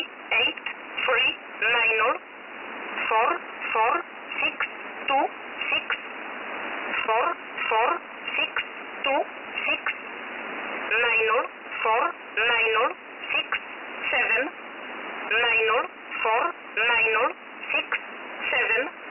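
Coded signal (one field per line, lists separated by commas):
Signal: numbers station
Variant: E11 Oblique, English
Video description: E11 is a very active Polish number station, broadcasting since the 80s. The name "Oblique" comes from the expression for "/", is part of "Polish 11" and is its English mode.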